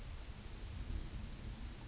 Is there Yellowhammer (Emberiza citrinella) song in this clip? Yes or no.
no